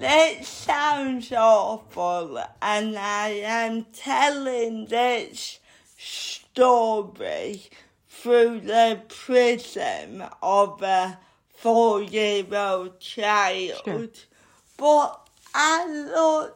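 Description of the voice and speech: An adult woman speaks in a very slow, drawn-out way: vowels and consonants are stretched, words come in short groups separated by pauses, and pitch rises and falls widely. This slow, effortful speech is dysarthria from cerebral palsy.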